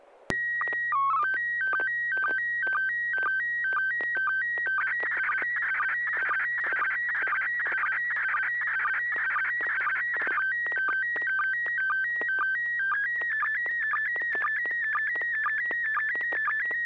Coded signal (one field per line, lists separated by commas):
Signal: SSTV (slow-scan television)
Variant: PD 120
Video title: N6NA SSTV Net - 02/25/2026